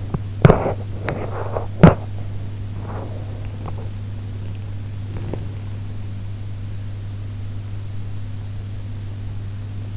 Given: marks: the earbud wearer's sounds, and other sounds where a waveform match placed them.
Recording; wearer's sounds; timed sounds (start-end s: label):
sounds in sleep by an in-ear microphone; teeth grinding
0.00-5.81 s: teeth grinding